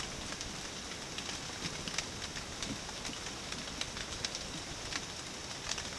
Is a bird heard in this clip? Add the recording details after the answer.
no. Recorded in dense forest near Puerto Asís, Putumayo, Colombia, on 12 March 2025 at 09:00. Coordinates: 0.486, -76.317. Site G053